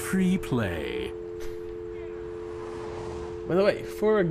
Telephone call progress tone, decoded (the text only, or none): dial tone